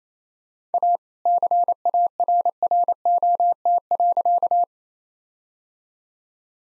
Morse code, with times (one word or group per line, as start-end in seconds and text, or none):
0.7-1.0 A
1.3-4.6 CARROT.